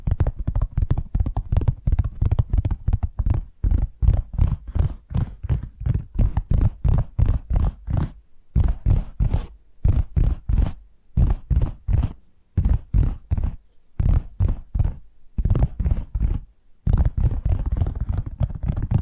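Rapid, dense tapping with a deep thumpy body and crisp tops, broken by short pauses near eight, twelve and sixteen seconds.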